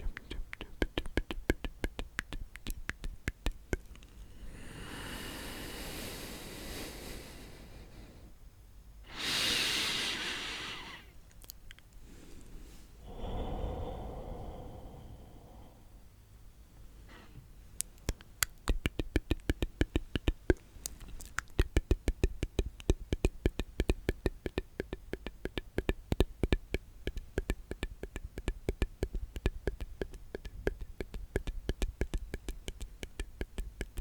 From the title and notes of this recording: ASMR The MOST Tingly MOUTH Sounds.